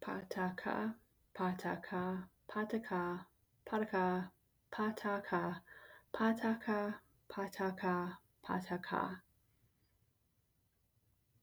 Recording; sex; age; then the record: repeated syllables /pa ta ka/; female; 30 to 39 years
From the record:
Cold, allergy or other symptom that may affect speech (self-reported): no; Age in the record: 34 years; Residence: Georgia, United States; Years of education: 17